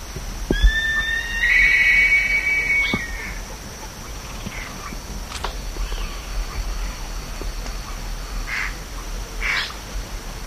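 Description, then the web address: Black-chested buzzard-eagle calling with a strained, harmonic-rich whistle lasting nearly three seconds, followed by faint scattered clicks and soft notes. "cantos aguinegra"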